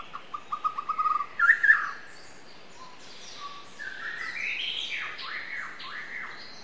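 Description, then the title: White-rumped shama: songbird giving a quick series of short whistled notes, then a softer, rising, buzzy warble over steady background hiss. Wild forest bird, singing. "Kicau burung murai batu hutan"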